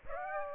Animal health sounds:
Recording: mosquito wingbeat signal from an infrared sensor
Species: Aedes aegypti

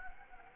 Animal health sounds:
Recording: mosquito wingbeat signal from an infrared sensor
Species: Anopheles gambiae

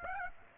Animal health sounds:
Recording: mosquito wingbeat signal from an infrared sensor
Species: Aedes aegypti

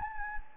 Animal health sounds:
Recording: mosquito wingbeat signal from an infrared sensor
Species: Anopheles gambiae

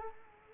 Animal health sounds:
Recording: mosquito wingbeat signal from an infrared sensor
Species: Culex quinquefasciatus

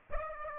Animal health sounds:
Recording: mosquito wingbeat signal from an infrared sensor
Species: Aedes aegypti

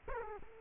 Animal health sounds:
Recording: mosquito wingbeat signal from an infrared sensor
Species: Culex quinquefasciatus

